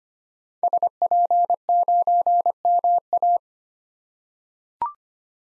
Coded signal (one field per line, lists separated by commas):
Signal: Morse code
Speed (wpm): 25 wpm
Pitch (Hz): 700 Hz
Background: none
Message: SP9MA